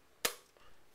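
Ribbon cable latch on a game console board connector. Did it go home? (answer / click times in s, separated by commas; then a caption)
released / 0.2 s. The small plastic locking flap on a ribbon cable connector inside a PlayStation 3 game console is flipped up with a sharp, bright plastic snap at 0.3 s, followed by a faint soft tick near 0.6 s. The latch is released, freeing the flat ribbon cable.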